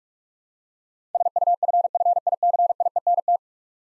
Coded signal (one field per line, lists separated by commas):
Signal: Morse code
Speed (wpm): 45 wpm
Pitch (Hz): 700 Hz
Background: none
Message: SUFFICIENT